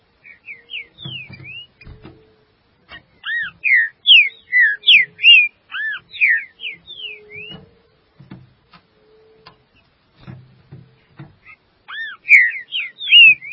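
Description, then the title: Green-winged saltator pouring out rich whistled slurs in rapid sequence, pausing midway amid light clicks, then resuming with bright, loud notes. "Trinca Ferro"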